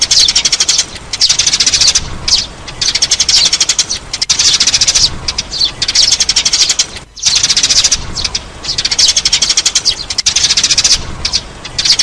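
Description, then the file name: Sparrow chirping, long stretches of fast repeated sharp chirps, broken by a few short silences. "Tieng se"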